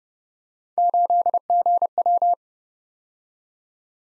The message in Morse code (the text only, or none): 8GW